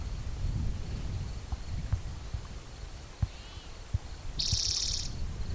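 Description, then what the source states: Spotted Towhee song: a single coarse buzzy trill near the end, with scattered low thumps and a soft faint note earlier. Individual number 8, Black's Creek, 16 June 2010, around 4:30 in the afternoon; vocalization 29 in a series counted aloud by the recordist.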